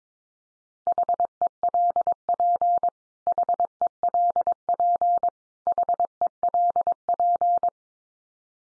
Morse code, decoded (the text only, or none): HELP HELP HELP